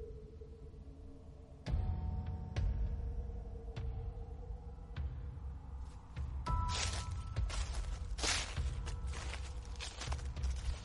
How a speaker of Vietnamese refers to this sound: Tiếng bước chân của con bé số dẫm lên lá khô cứ xào xà xào xạc.